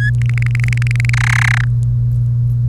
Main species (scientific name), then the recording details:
Serinus canaria. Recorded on 1 May 2018 at 05:50. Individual llb3